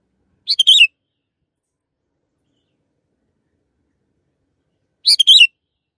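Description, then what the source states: Canary song: two brief high chirpy bursts, each a few rapid notes, about four and a half seconds apart, with silence between. Long canary song used as master audio for training birds.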